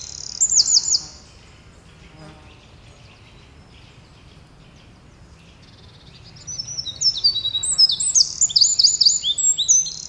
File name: Troglodytes troglodytes